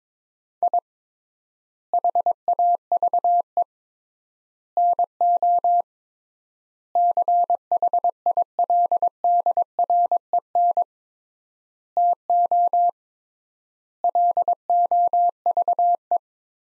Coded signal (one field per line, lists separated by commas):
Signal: Morse code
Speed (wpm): 22 wpm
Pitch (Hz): 700 Hz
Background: none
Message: I HAVE NO CHILDREN TO LOVE